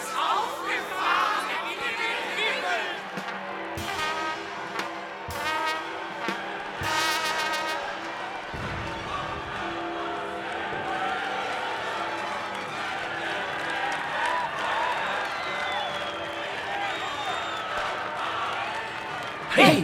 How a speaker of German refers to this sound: Schauen Sie auf die Bildschirme. Hören Sie den Jubel. Hört, was Sie rufen.